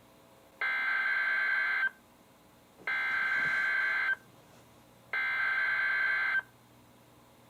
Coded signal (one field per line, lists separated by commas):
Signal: Emergency Alert System (SAME) tones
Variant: header bursts